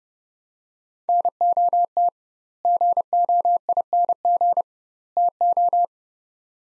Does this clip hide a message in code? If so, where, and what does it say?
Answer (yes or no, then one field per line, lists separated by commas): yes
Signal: Morse code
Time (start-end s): 1.1-5.8 s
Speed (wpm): 30 wpm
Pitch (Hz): 700 Hz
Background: none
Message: NOT GOING TO